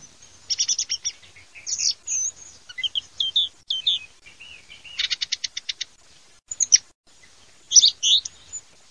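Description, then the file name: Thrush song: varied short phrases of clear high notes, dry rattles and rapid buzzy trills, separated by brief pauses, in an otherwise quiet setting. "TORDOSB"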